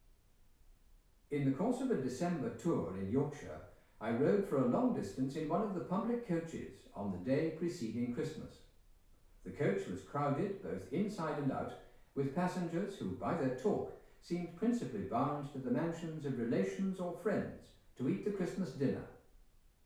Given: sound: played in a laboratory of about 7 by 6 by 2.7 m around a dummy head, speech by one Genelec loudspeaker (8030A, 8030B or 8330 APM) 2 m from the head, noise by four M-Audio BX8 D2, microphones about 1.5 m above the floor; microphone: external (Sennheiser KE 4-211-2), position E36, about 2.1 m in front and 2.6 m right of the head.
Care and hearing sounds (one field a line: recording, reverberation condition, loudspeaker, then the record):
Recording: male speech in English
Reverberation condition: medium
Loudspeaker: 30 degrees to the left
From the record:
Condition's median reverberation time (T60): about 510 ms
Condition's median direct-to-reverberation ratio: about -0.5 dB